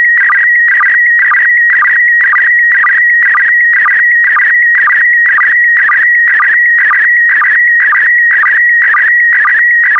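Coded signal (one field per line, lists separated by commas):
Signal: SSTV (slow-scan television)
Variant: PD120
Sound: steady warbling tone near 1.9 kHz with brief low sync chirps twice a second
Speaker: complete you can now check your decoded image against the picture that is shown on the video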